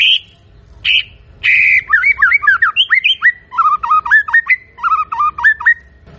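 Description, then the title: White-rumped shama song: rasping notes lead into a rapid, jumbled cascade of twisting whistles and chattering phrases. Lure recording of a loud, actively singing shama, intended to provoke a response from other birds. "PANCINGAN MURAI BATU GACOR"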